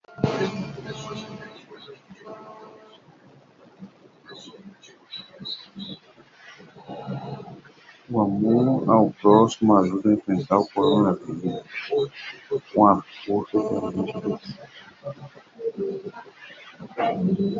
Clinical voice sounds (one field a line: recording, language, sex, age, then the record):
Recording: spoken sentence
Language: Brazilian Portuguese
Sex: male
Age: 30 to 39 years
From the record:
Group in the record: control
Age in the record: 38 years